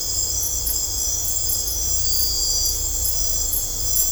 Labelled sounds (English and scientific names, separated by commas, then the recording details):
none
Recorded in dense forest near Puerto Asís, Putumayo, Colombia, on 16 December 2024 at 23:00
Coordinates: 0.503, -76.323
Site G043